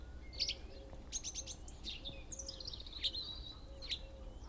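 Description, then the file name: Great tit calls, clipped high notes and a short buzzy phrase, while a soft low note repeats steadily beneath and a low rumble continues. "Parus major"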